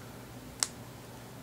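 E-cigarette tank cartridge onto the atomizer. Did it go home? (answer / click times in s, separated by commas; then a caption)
yes / 0.6 s. A filled plastic tank cartridge is pushed back onto an e-cigarette atomizer, from a Panther Tank kit, until it seats. Against a quiet background, a single short, sharp click sounds at 0.6 s, and the cartridge clicks home on the atomizer.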